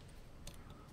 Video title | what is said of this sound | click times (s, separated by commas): Installing Wiper Blades on a BMW or MINI | slide it home till it snaps and is secure now to finish this job | 0.5 s